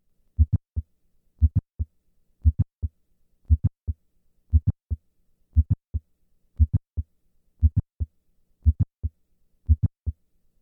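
Simulated adult heart sounds, regular at about 58 beats per minute, with no murmur. Each beat has a first heart sound, then a crisp midsystolic click, then the second heart sound. The patient is standing, and on standing the click moves earlier in systole, closer to the first sound. Mitral valve prolapse.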